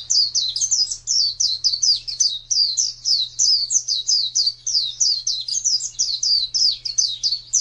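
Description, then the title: White-eye song, a lively chattering flow of sharp high twitters delivered in quick bursts without pause, with a low background hum. "Pleci suara"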